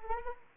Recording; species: mosquito wingbeat signal from an infrared sensor; Anopheles arabiensis